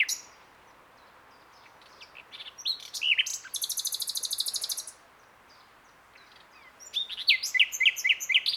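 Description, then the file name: Common nightingale singing varied phrases, including a rapid buzzy rattle lasting over a second, then a run of repeated sharp, high, slurred notes after a quiet gap. "Luscinia megarhynchos"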